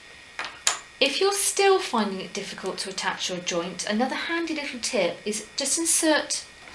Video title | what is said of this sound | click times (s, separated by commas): How to Insert Safety Joints into Soft Toys | and it will pop into place, like so. | 0.7 s